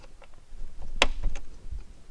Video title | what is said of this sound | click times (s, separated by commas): Mercedes A209 CLK - Chapter 7 - How To Replace The Power Trunk Lift Cylinder | in the upper clip I now only have to click into place and there we are all done | 1.0 s